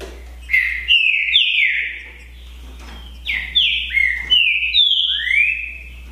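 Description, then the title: Green-winged saltator whistling two runs of strong phrases, notes sliding down then a final upward slur, with a steady hum in the background. Song contest between two trinca-ferro birds, Naval versus Demolidor, 2022 season. "É UMA DISPUTA DE TRINCA FERRO PERFEITA!! NAVAL VS DEMOLIDOR 2022!"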